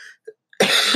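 A single abrupt, harsh cough burst from an adult after brief quiet, with no wet rattle; a dry cough.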